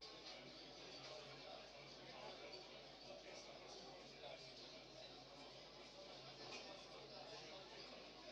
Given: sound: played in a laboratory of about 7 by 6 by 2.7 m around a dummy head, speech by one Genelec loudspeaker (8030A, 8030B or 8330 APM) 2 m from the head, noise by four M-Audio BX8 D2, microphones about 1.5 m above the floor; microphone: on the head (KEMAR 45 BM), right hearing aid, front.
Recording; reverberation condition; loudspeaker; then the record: cafeteria noise; low; four, about 170 cm from the corners of the room and facing them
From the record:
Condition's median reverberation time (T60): about 310 ms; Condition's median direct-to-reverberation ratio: about 3.5 dB